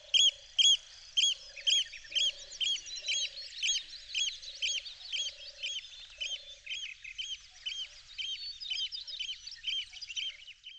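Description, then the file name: Eurasian oystercatcher calls, loud clear piping notes repeated about twice a second, with a soft low note sounding beneath some of them. "scholekster"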